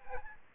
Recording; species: mosquito wingbeat signal from an infrared sensor; Aedes albopictus